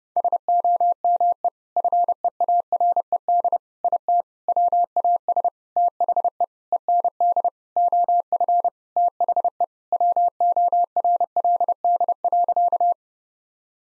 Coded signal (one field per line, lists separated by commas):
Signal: Morse code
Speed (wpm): 32 wpm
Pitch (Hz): 700 Hz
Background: none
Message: SOME FEARED IT WAS THE END OF THE WORLD.